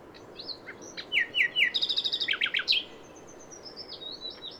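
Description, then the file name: Common nightingale song of slurred notes leading into a fast, even trill of high notes, then a few deeper throaty notes. "Luscinia megarhynchos"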